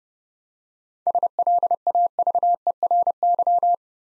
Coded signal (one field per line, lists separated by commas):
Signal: Morse code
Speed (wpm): 29 wpm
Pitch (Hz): 700 Hz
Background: none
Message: SLAVERY